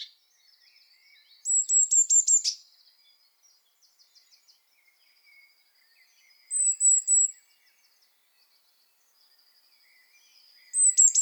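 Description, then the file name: Eurasian blue tit: a few bursts of rapid, high repeated notes, each about a second long, with faint softer notes between them. "Cyanistes caeruleus"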